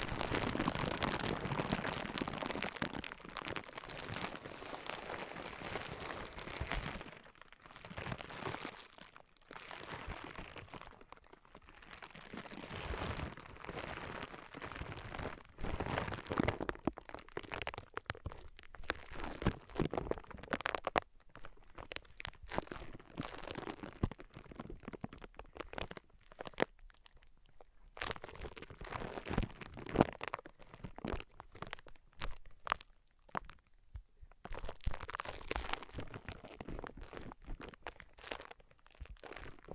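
Materials being rubbed, crushed and knocked against each other, such as wood, cork, sponge, foam, glass and plastic, give a dense run of crinkling, crunching and scraping. The first seven seconds are thickest and loudest. Later the noises come in shorter bursts and sharp clicks, separated by brief near-silent gaps.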